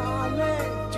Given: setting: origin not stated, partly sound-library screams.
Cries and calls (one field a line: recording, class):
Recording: one-second piece from a danger detection set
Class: normal situation